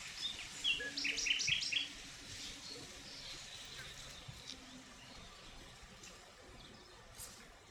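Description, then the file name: Common nightingale song: a short burst of sharp, rapid high notes repeated in quick succession for about two seconds, then faint hissing background with occasional soft chirps. "Luscinia megarhynchos"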